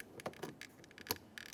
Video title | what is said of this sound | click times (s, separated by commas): How to Replace Rear Power Window Motor & Regulator Assembly 2006-2011 Honda Civic | Listen for a click, give it a tug to make sure it's secure. | 1.1 s